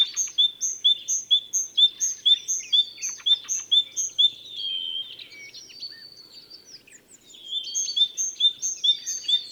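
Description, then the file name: Great tit singing a ringing, seesawing two-note phrase over and over at a brisk pace, broken midway by a quieter stretch of scratchy twittering before the phrase resumes. "Parus major"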